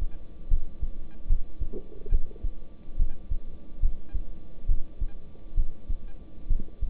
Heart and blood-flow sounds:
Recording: heart sounds by stethoscope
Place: between the tricuspid and mitral areas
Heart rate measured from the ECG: 70 bpm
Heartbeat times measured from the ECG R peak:
0.49 s: heartbeat
1.28 s: heartbeat
2.10 s: heartbeat
2.97 s: heartbeat
3.81 s: heartbeat
4.67 s: heartbeat
5.55 s: heartbeat
6.48 s: heartbeat
From the record:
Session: rest, lying down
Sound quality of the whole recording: good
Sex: male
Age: 26 years

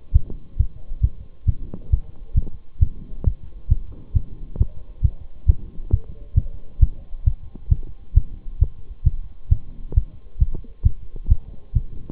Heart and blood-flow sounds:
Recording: heart sounds by stethoscope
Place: between the tricuspid and mitral areas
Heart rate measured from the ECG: 134 bpm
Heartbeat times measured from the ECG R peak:
0.15 s: heartbeat
0.59 s: heartbeat
1.03 s: heartbeat
1.48 s: heartbeat
1.92 s: heartbeat
2.37 s: heartbeat
2.82 s: heartbeat
3.26 s: heartbeat
3.71 s: heartbeat
4.15 s: heartbeat
4.60 s: heartbeat
5.04 s: heartbeat
5.48 s: heartbeat
5.92 s: heartbeat
6.36 s: heartbeat
6.81 s: heartbeat
7.26 s: heartbeat
7.71 s: heartbeat
8.16 s: heartbeat
8.61 s: heartbeat
9.06 s: heartbeat
9.51 s: heartbeat
9.96 s: heartbeat
10.41 s: heartbeat
10.85 s: heartbeat
11.31 s: heartbeat
11.75 s: heartbeat
From the record:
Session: Bruce protocol treadmill stress test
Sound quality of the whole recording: partially saturated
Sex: male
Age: 23 years

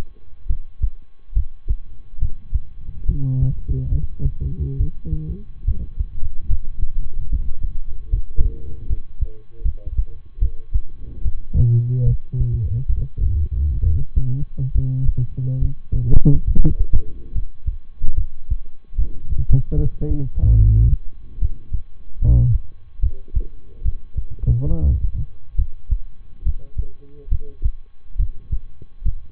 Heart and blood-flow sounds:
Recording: heart sounds by stethoscope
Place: between the tricuspid and mitral areas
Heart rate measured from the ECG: 71 bpm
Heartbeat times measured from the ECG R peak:
0.46 s: heartbeat
1.32 s: heartbeat
2.18 s: heartbeat
3.05 s: heartbeat
3.88 s: heartbeat
4.76 s: heartbeat
5.63 s: heartbeat
6.46 s: heartbeat
7.28 s: heartbeat
8.09 s: heartbeat
8.86 s: heartbeat
9.61 s: heartbeat
10.38 s: heartbeat
11.21 s: heartbeat
12.03 s: heartbeat
12.86 s: heartbeat
13.80 s: heartbeat
14.71 s: heartbeat
15.58 s: heartbeat
16.43 s: heartbeat
17.31 s: heartbeat
18.14 s: heartbeat
18.95 s: heartbeat
19.74 s: heartbeat
20.56 s: heartbeat
21.38 s: heartbeat
22.18 s: heartbeat
22.99 s: heartbeat
23.81 s: heartbeat
24.67 s: heartbeat
25.55 s: heartbeat
26.42 s: heartbeat
27.28 s: heartbeat
28.15 s: heartbeat
29.01 s: heartbeat
From the record:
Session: rest, lying down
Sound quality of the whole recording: good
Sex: male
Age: 23 years

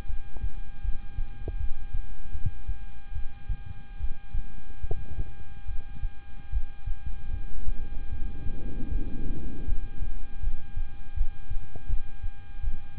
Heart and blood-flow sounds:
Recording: heart sounds by stethoscope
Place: between the tricuspid and mitral areas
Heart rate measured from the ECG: 77 bpm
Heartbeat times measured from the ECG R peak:
0.07 s: heartbeat
0.82 s: heartbeat
1.57 s: heartbeat
2.32 s: heartbeat
3.13 s: heartbeat
3.98 s: heartbeat
4.81 s: heartbeat
5.66 s: heartbeat
6.50 s: heartbeat
7.31 s: heartbeat
8.09 s: heartbeat
8.88 s: heartbeat
9.65 s: heartbeat
10.40 s: heartbeat
11.14 s: heartbeat
11.87 s: heartbeat
12.61 s: heartbeat
From the record:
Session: rest, lying down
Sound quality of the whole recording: good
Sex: male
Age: 26 years

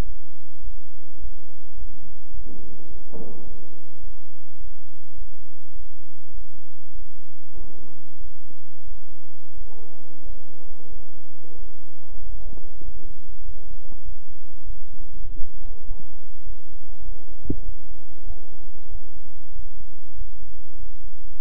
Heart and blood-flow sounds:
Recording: heart sounds by stethoscope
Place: between the tricuspid and mitral areas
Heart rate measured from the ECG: 98 bpm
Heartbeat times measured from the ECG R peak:
0.03 s: heartbeat
0.60 s: heartbeat
1.18 s: heartbeat
1.75 s: heartbeat
2.31 s: heartbeat
2.87 s: heartbeat
3.44 s: heartbeat
4.00 s: heartbeat
4.57 s: heartbeat
5.15 s: heartbeat
5.72 s: heartbeat
6.31 s: heartbeat
6.92 s: heartbeat
7.54 s: heartbeat
8.17 s: heartbeat
8.84 s: heartbeat
9.54 s: heartbeat
10.23 s: heartbeat
10.89 s: heartbeat
11.55 s: heartbeat
12.20 s: heartbeat
12.82 s: heartbeat
13.42 s: heartbeat
14.02 s: heartbeat
14.64 s: heartbeat
15.25 s: heartbeat
15.84 s: heartbeat
16.44 s: heartbeat
17.03 s: heartbeat
17.63 s: heartbeat
18.24 s: heartbeat
18.89 s: heartbeat
19.53 s: heartbeat
20.15 s: heartbeat
20.76 s: heartbeat
21.36 s: heartbeat
From the record:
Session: bicycle stress test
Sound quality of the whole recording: good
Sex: male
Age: 26 years

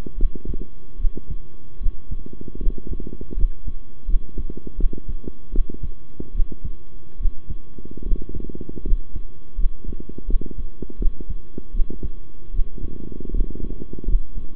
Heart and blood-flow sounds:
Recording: heart sounds by stethoscope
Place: between the tricuspid and mitral areas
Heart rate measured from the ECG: 78 bpm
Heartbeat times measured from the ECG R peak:
0.17 s: heartbeat
0.98 s: heartbeat
1.80 s: heartbeat
2.60 s: heartbeat
3.36 s: heartbeat
4.07 s: heartbeat
4.77 s: heartbeat
5.52 s: heartbeat
6.34 s: heartbeat
7.19 s: heartbeat
8.05 s: heartbeat
8.85 s: heartbeat
9.57 s: heartbeat
10.27 s: heartbeat
10.99 s: heartbeat
11.73 s: heartbeat
12.53 s: heartbeat
13.32 s: heartbeat
14.07 s: heartbeat
From the record:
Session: rest, sitting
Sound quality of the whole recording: good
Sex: male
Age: 23 years

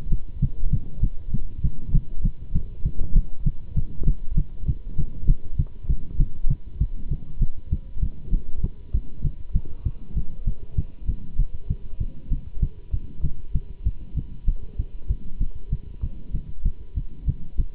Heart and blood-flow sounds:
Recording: heart sounds by stethoscope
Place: between the tricuspid and mitral areas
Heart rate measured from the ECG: 196 bpm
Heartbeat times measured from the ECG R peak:
0.11 s: heartbeat
0.41 s: heartbeat
0.72 s: heartbeat
1.02 s: heartbeat
1.32 s: heartbeat
1.63 s: heartbeat
1.93 s: heartbeat
2.23 s: heartbeat
2.54 s: heartbeat
2.84 s: heartbeat
3.14 s: heartbeat
3.45 s: heartbeat
3.75 s: heartbeat
4.06 s: heartbeat
4.36 s: heartbeat
4.67 s: heartbeat
4.97 s: heartbeat
5.27 s: heartbeat
5.58 s: heartbeat
5.88 s: heartbeat
6.18 s: heartbeat
6.49 s: heartbeat
6.79 s: heartbeat
7.10 s: heartbeat
7.40 s: heartbeat
7.71 s: heartbeat
8.01 s: heartbeat
8.32 s: heartbeat
8.62 s: heartbeat
8.93 s: heartbeat
9.23 s: heartbeat
9.54 s: heartbeat
9.84 s: heartbeat
10.15 s: heartbeat
10.46 s: heartbeat
10.76 s: heartbeat
11.07 s: heartbeat
11.38 s: heartbeat
11.69 s: heartbeat
11.99 s: heartbeat
12.30 s: heartbeat
12.61 s: heartbeat
12.92 s: heartbeat
13.23 s: heartbeat
13.53 s: heartbeat
13.84 s: heartbeat
14.15 s: heartbeat
14.46 s: heartbeat
14.77 s: heartbeat
15.08 s: heartbeat
15.39 s: heartbeat
15.71 s: heartbeat
16.01 s: heartbeat
16.33 s: heartbeat
16.64 s: heartbeat
16.95 s: heartbeat
17.26 s: heartbeat
17.58 s: heartbeat
From the record:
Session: Bruce protocol treadmill stress test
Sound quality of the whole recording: good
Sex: male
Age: 24 years

